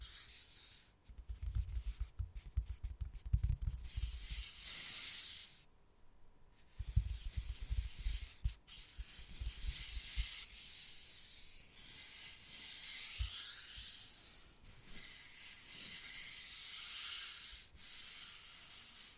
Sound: Wood Carving, Tapping and Scratching Sounds